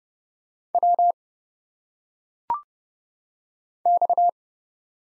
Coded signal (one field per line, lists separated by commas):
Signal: Morse code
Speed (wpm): 30 wpm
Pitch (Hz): 700 Hz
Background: none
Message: W X